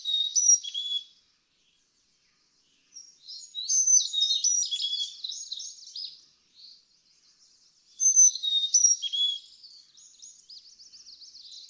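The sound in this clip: Carolina chickadee giving falling whistled notes amid buzzy chips, in a few bursts with quiet gaps between them.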